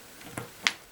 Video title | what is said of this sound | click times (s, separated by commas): HOW TO change a WATCH BATTERY in various SNAP ON & SCREW BACK WATCHES | okay that made a very quiet click | 0.7 s